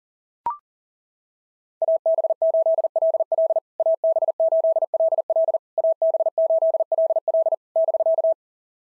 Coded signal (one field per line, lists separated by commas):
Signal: Morse code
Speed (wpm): 40 wpm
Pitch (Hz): 650 Hz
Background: none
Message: AB8LL AB8LL AB8LL <BK>